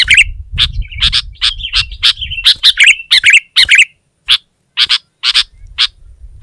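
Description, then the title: Sooty-headed bulbul chattering song: sharp, clipped chips about twice a second, broken by short warbled phrases, over a faint low rumble. "kutilang"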